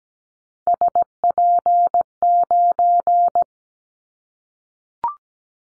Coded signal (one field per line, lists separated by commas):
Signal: Morse code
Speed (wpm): 17 wpm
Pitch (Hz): 700 Hz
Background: none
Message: SP9